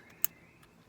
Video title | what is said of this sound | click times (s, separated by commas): Temperature sensor Mercedes 230 how to replace - SLK R170 Restoration Video 25 | this connector then goes back onto here, like so, with a nice little click. | 0.2 s